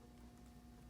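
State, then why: Not seated. A plastic wire-harness connector is handled and lined up over a header on a Williams Defender arcade game board, with its flat side and locking tab aligned to the window. Only a steady low hum with faint handling noise is heard, and no one talks. Nothing has seated or clicked yet; the connector is not yet home.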